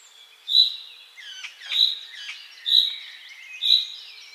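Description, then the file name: Common chaffinch giving a bright, sharp call repeated roughly every second, four times, with fainter chirps between. "Fringilla coelebs"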